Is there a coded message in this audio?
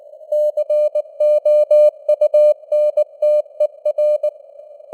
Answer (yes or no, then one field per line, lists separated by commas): yes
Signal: Morse code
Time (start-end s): 0.3-4.3 s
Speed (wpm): 19 wpm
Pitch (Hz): 600 Hz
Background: none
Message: COUNTER